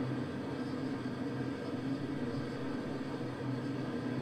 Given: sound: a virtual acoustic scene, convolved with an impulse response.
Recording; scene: olnoise with the full impulse response of the target; underground station